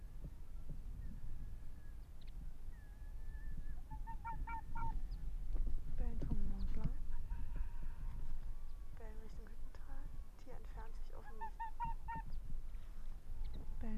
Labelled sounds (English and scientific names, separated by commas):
Arctic Fox (Vulpes lagopus)